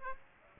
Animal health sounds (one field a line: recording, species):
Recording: mosquito wingbeat signal from an infrared sensor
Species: Aedes aegypti